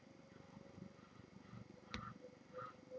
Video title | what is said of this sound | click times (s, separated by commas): Mega Bloks Live Construction : Call Of Duty's Chopper Strike (2/2) [Français] | ce que tu veux bien tenir voilà comme ça ça se clipse puis on | 1.9 s